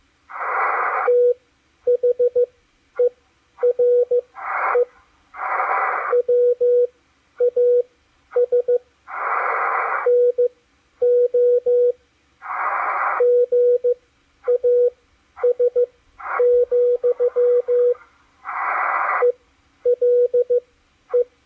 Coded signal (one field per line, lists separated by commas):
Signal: Morse code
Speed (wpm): 14 wpm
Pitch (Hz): 490 Hz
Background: radio noise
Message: THERE WAS NO GAS, ELE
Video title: DECODING MORSE CODE ON THE MACHILITE DSP SDR RECEIVER 9-30-2021